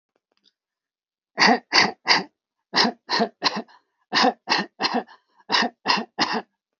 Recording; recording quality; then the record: shallow voluntary cough; excellent, no background noise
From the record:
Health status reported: healthy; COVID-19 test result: not tested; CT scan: not taken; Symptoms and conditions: hypertension, ischaemic heart disease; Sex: male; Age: 58 years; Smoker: no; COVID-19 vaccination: none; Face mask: not worn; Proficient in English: yes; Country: India